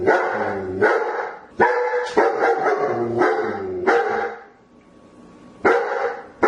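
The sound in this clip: German Shepherd barking, a string of several rough barks, then a pause and two more.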